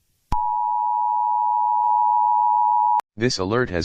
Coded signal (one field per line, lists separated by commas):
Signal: Emergency Alert System (SAME) tones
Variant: 853 and 960 Hz attention tone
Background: speech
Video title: EAS Scenario: SCP-3008, “The Infinite IKEA”